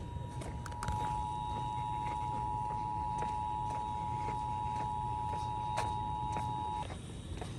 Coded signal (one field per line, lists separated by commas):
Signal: Emergency Alert System (SAME) tones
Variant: 853 and 960 Hz attention tone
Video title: Tests Everywhere! (EAS Tests from 5/1/23-5/4/23) (EAS #1,009-1,018)